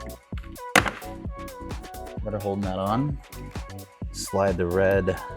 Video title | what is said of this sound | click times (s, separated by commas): …| and just pop off the plastic clips | 0.8 s